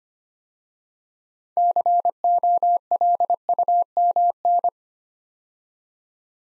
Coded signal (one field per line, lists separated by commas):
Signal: Morse code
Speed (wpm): 25 wpm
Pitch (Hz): 700 Hz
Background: none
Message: COLUMN